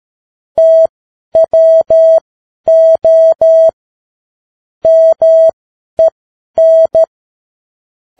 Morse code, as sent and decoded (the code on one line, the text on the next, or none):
- .-- --- / -- . -.
TWO MEN